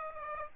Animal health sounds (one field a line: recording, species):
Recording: mosquito wingbeat signal from an infrared sensor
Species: Aedes aegypti